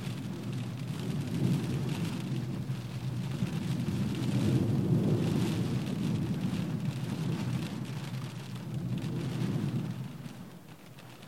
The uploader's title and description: Rain On Car Roof. Rain showers and wind gusts recorded from a stationary car.